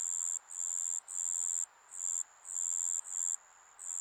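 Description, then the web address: Insect buzzing in a high-pitched, strident pattern, with bursts of about half a second broken by pauses, over a faint hissing background. Insects in a Japanese summer ambience. "Sound Effects-Foundation 1 AMBIENCE JAPANESE SUMMER INSECTS"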